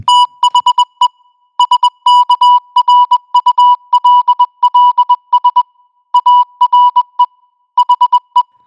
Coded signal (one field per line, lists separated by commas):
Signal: Morse code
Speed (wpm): 20 wpm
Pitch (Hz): 980 Hz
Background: music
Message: THE SKRULLS ARE HE